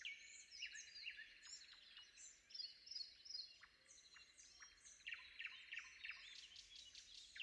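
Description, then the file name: Common nightingale song, varied phrases of sharp chirps and whistles in quick succession. Recorded before dawn. "predawn nightingale"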